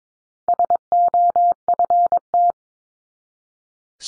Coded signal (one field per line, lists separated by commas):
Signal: Morse code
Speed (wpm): 22 wpm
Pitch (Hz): 700 Hz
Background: none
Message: SOFT